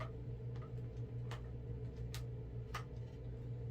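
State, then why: Not seated. A magazine is loaded into the magazine well of a black WellFire AK74 gas blowback airsoft rifle. Faint short ticks and taps sound at about 0.0, 0.6, 1.3, 2.1 and 2.8 seconds over a steady low hum. The magazine goes in without a click, and nothing has seated or clicked yet.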